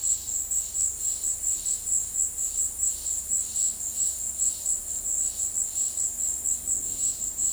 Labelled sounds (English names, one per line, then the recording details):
none
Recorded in dense forest near Puerto Asís, Putumayo, Colombia, on 21 February 2024 at 15:00
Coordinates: 0.485, -76.318
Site G6408